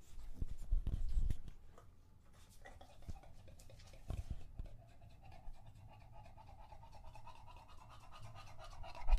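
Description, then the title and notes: English Bulldog panting in rough, rhythmic breaths. Male English Bulldog named Lucho drinking from a water bowl after a long walk; out of breath, heavy breathing in between drinks, drinks for a long time. "English Bulldog Drinks from Water Bowl - Weird Sounds. listen to Lucho the English Bulldog as he tries to drink water after a long walk. Don't let his heavy breathing fool you in between drinks"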